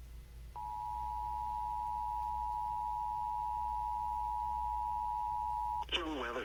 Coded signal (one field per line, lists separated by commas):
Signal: Emergency Alert System (SAME) tones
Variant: 853 and 960 Hz attention tone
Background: speech